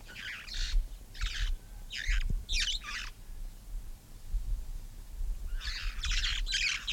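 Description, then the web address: Red-fronted parrot calls, a run of short harsh squawks, a pause, then a burst of grating screeches. "parrots poicephalus-gulielmi"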